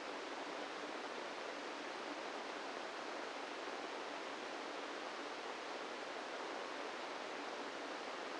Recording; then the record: brain microelectrode recording played as sound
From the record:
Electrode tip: inside the subthalamic nucleus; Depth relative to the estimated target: -3 mm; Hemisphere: right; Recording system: NeuroSet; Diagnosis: Parkinson's disease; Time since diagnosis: 17 years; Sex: male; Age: 64 years